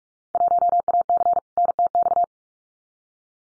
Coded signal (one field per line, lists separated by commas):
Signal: Morse code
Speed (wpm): 46 wpm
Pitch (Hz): 700 Hz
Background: none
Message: 1AC NTX